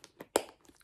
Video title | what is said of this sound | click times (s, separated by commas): Portland Leather Goods Envelope Crossbody in Cognac | okay and it gives a really nice satisfying snap | 0.4 s